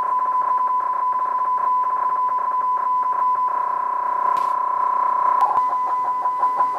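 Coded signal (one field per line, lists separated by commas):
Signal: PSK31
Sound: steady warbling tone near 1 kHz with buzzy modulation, later rhythmic pulsing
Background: radio static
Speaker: and that's what's being received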